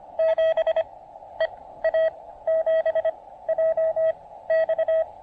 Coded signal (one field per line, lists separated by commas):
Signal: Morse code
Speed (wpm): 26 wpm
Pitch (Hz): 590 Hz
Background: radio noise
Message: 7 E A 7 J X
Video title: POTA QRP and DX at Cap Tourmente National Wildlife Area in St-Joachim, Québec